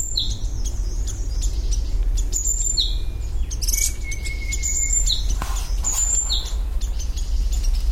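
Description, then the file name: Golden parrotbill giving short high notes in quick series and one long, level thin whistle, with a continuous low rumble underneath. "parrotbill-golden -Suthora-verreauxi"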